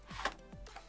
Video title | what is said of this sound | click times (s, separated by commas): Build Process- Habu SS (Super Sport) 50mm EDF Jet BNF Basic with SAFE Select and AS3X | until it clicks in with our horizontal stab slid into the rear of the fuselage | 0.2 s